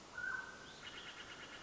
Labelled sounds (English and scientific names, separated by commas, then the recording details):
Mountain Quail (Oreortyx pictus)
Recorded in Sonoma County, California